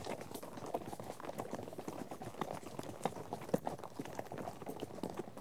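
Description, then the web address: Horses' hooves clopping in a dense, overlapping patter, many animals moving together with irregular sharper knocks standing out. A herd of horses out on trek. "BBC Sound Effects Library Horses Herd of horses out on trek"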